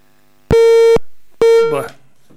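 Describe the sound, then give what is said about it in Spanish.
Two loud, steady telephone busy-signal beeps, each about half a second long, with a pause between, after a phone call is cut off again; the second is cut short as a voice begins to speak over it. “Se nos volvió a cortar.”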